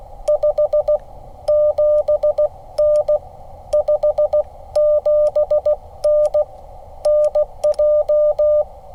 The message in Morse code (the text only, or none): 57N 57N NJ